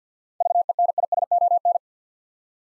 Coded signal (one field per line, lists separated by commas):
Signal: Morse code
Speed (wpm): 50 wpm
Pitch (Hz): 700 Hz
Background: none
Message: VENISON